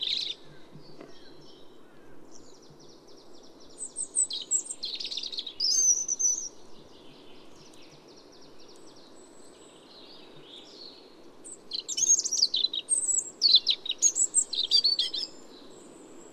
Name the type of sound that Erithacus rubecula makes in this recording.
song